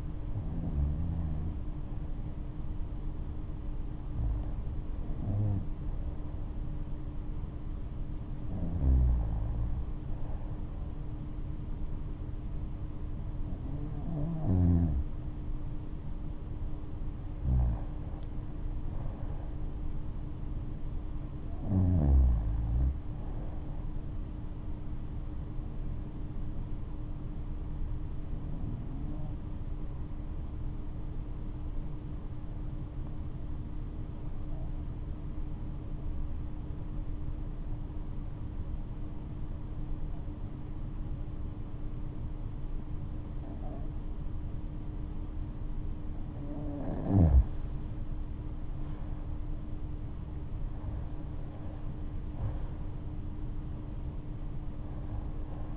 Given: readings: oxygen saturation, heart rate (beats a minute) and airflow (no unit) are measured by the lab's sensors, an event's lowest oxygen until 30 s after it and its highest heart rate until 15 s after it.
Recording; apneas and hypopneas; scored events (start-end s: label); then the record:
breathing in sleep by a smartphone at the bedside; 1
25.00-46.40 s: hypopnea (REM, oxygen 95% highest, then 87% lowest, heart rate 74 at the start, 75 highest)
From the record:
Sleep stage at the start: REM sleep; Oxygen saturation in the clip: 90 to 95%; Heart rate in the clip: 58 to 76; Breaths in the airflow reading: 11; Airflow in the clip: -9.6 to 13.2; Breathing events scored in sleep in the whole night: 228 in 5.4 hours asleep